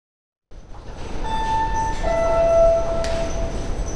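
An express train passes through a station on track one without stopping, roaring past with a loud, steady rumble, layered with sustained high metallic tones and squeals that shift in pitch as it rushes by, no voices audible.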